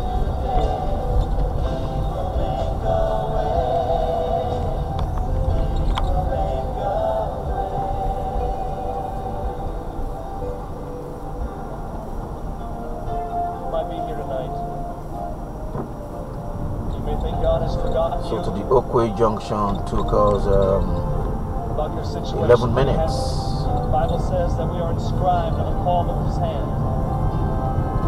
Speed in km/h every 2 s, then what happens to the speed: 29, 31, 29, 29, 31, 34, 34, 32, 34, 35, 35, 35, 35, 37.
0-28 speeds up to 37.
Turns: none.